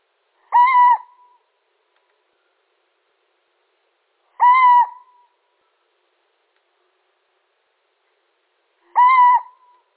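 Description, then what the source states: Little owl calling with three steady, even-pitched hoots roughly every four seconds, each short and plaintive with a soft trailing end; no other sounds. Male.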